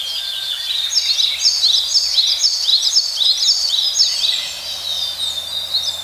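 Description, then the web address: Willow tit calls: a steady stream of bright, quick chirps repeated about twice a second, over a faint low hum. "sikioto. kogara"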